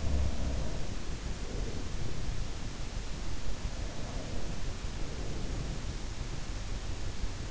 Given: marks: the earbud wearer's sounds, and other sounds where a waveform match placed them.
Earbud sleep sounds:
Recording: sounds in sleep by an in-ear microphone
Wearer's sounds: breath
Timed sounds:
0.00-1.01 s: sound from someone else or the room
1.16-2.73 s: breath
3.69-5.90 s: breath

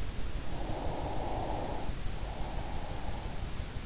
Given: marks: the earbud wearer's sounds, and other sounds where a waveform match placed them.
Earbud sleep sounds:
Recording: sounds in sleep by an in-ear microphone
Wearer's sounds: breath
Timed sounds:
0.33-3.56 s: breath

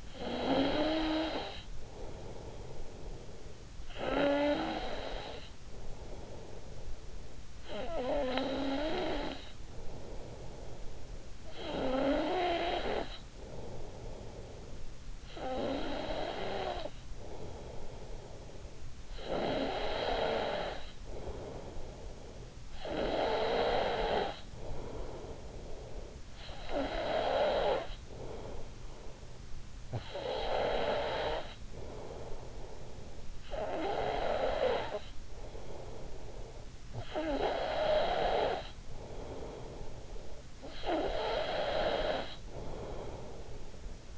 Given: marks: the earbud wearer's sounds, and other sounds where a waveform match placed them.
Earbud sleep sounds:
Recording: sounds in sleep by an in-ear microphone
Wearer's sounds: snoring breath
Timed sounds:
0.00-3.63 s: snoring breath
3.88-7.26 s: snoring breath
7.48-18.86 s: snoring breath
18.97-44.18 s: snoring breath

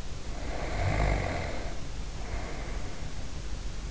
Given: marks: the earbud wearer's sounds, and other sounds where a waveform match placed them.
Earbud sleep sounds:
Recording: sounds in sleep by an in-ear microphone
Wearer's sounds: snoring breath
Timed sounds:
0.00-3.23 s: snoring breath

